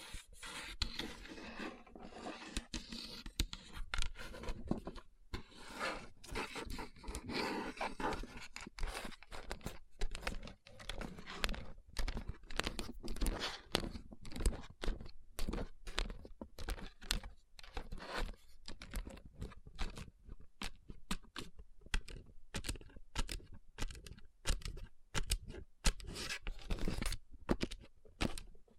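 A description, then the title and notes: Fingertips tap and rub across rhinestone-covered palms in a dense, continuous patter of crisp clicks, much like fast typing. Between the sharp taps come softer rustling rubs, heavier in the first ten seconds, and the rapid, uneven rhythm keeps going to the end. Tapping & Rubbing Rhinestone Covered Palms.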